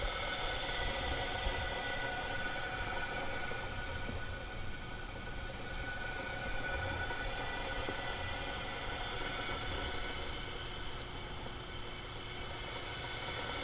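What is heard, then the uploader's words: A gas meter at Rideau Terrace gives off a steady, unbroken hiss with a low rumble underneath. Several faint, constant whining tones sit over the hiss, and the level stays even for the whole fourteen seconds, with no distinct events. Gas meter at Rideau Terrace in Lindenlea-New Edinburgh.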